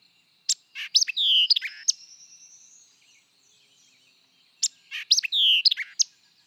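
White-eyed vireo song phrases of snappy chips and a slurred whistle, sung twice, with a faint rising whistle between them.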